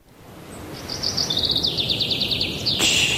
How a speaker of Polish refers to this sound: Spłoszysz ptaszki. Śpiewają w Muzeum Narodowym w Warszawie na wystawie Józef Chełmoński.